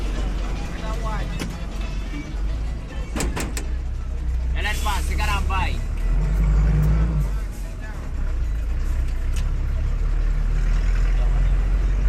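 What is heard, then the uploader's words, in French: Aboard a crowded city minibus, a steady low engine rumble fills the whole ride. Voices talk, with a loud shout near the fifth second, while sharp clicks and rattles break in around the first few seconds. Une traversée sonore de la capitale sénégalaise de l’aube à la nuit. Sur le car rapide, le minibus bariolé le plus populaire de la ville.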